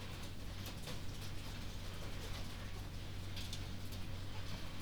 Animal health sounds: poultry house recording; healthy chickens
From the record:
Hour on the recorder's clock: 22

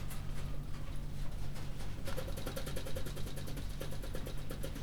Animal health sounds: poultry house recording; no chicken sound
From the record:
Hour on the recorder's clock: 20

